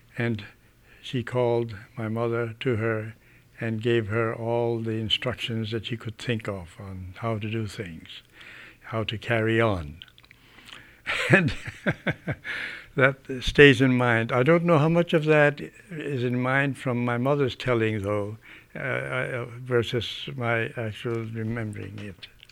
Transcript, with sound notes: And she called my mother to her and gave her all the instructions that she could think of on how to do things, how to carry on. (he laughs) And that stays in mind. I don't know how much of that is in mind from my mother's telling, though, versus my actual remembering it.